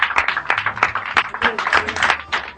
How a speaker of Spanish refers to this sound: A ver, por favor. El domingo a las 2. ¡Un aplauso para